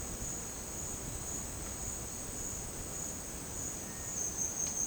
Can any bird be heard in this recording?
yes